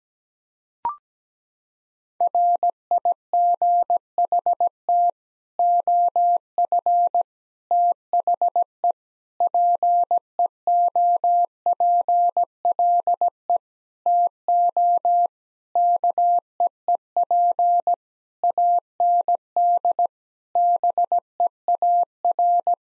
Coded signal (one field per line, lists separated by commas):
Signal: Morse code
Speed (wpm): 17 wpm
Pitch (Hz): 700 Hz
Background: none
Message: RIGHT OF THE PEOPLE TO KEEP AND BEAR